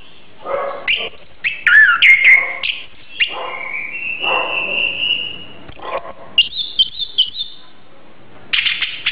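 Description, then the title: Oriental magpie-robin song of mixed harsh notes, sweet whistles and a long level whistle, broken by pauses, over quiet background. "Kicau Kacer"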